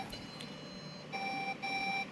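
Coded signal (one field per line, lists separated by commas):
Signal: beep code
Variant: desktop PC motherboard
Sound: quiet room hum, then short high beeps repeating rapidly with brief gaps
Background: room noise, faint whine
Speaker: Karşılaştığım sorun, güç kablosunu taktığımda açılıyor ve bip sesi başlıyor. Güç açılıncaya kadar bip sesi çıkarmaya devam ediyor ve çalışmıyor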